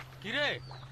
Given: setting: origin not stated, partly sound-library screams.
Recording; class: one-second piece from a danger detection set; normal situation